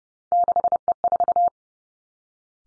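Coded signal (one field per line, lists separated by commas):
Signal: Morse code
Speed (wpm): 30 wpm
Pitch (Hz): 700 Hz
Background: none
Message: 6E4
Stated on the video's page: Morse practice drill at 30 wpm of three-character combinations of easily confused letters and numbers, each sent twice.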